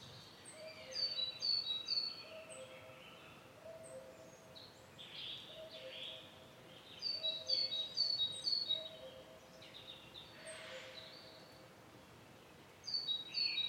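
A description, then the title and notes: Morning birdsong in a young forest: bright, quick chirping phrases come in bursts around one, three, seven to nine, eleven and thirteen seconds, with several birds overlapping. A low, steady hum runs beneath, and a soft sustained call repeats in between. Transylvania - Young Forest - Morning Birdsong. Transylvanian morning soundscape.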